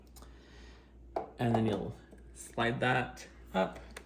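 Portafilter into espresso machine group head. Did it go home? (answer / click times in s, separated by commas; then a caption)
no / none. A filled metal portafilter is slid up into the group head of a Breville Barista Pro espresso machine while someone talks, with a few short, sharp hits at about 1.2 s and 4.0 s. The clip ends before the portafilter is twisted home, so nothing has seated or locked yet.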